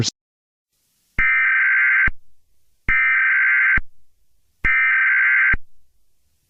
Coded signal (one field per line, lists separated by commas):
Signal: Emergency Alert System (SAME) tones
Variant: header bursts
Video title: AMETHYST TWISTER | An EAS Scenario